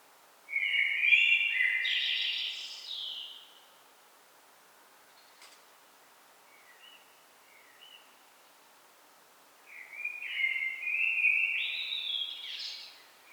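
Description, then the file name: Common blackbird song: a rich warbled phrase with a squeaky ending, a faint soft snatch in the middle, then another full phrase after a long pause. "Turdus merula"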